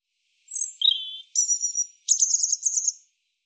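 European robin singing a short phrase, thin high notes and a lower whistle, then a fast sparkling trill, with nothing else audible.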